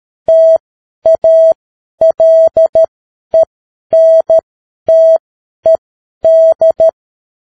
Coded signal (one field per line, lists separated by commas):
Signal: Morse code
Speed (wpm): 13 wpm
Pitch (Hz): 650 Hz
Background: none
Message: TALENTED